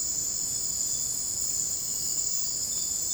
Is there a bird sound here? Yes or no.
no